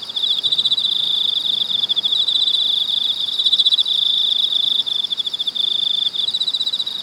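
Shrill, rapidly pulsing cicada buzz droning on without pause, slightly wavering in loudness over the whole stretch.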